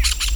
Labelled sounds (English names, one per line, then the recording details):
Brown-throated Parakeet contact call
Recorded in Venezuela
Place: Tumeremo, Edo. Bolivar; Camino de tierra entre el Frio y el fundo Atenas. Fundo San Ramon
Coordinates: 7.414, -61.558